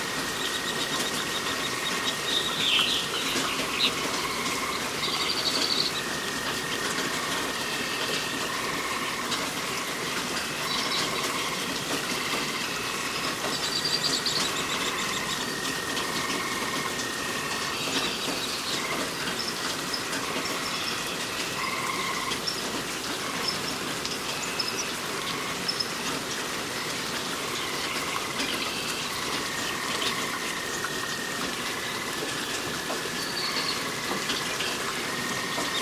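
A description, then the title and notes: Steady rain falls in a forest, a dense, even hiss that holds at the same level for the whole stretch. Thin, high bird calls recur throughout, with brighter chirps near the start and around fourteen seconds, over a faint low rumble. Relaxing Rain Sounds & Forest Ambience.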